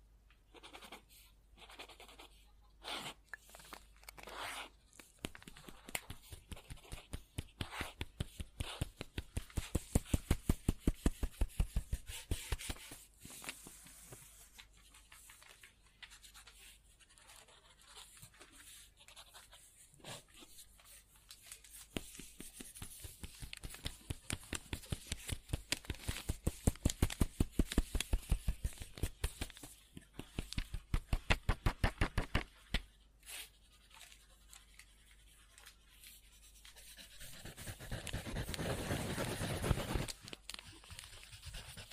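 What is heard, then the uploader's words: Scribbling on paper: quick, scratchy pen strokes come in bursts, busiest around the ten-second mark and again from about 25 to 32 seconds, with brief pauses between. Near the end a denser, continuous rubbing scrawl lasts a few seconds before stopping. Scribbling On Paper.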